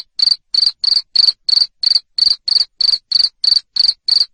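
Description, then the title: Cricket calling with steady, evenly spaced shrill chirps, roughly three per second, without pauses. Loud cricket chirping to stimulate lovebirds to sing continuously. "Suara JANGKRIK NGERIK Keras Bikin LOVEBIRD Jadi NGEKEK Terus Vubey"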